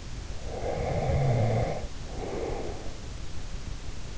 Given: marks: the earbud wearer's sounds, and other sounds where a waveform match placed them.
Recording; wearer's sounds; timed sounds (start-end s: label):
sounds in sleep by an in-ear microphone; breath
0.53-3.18 s: breath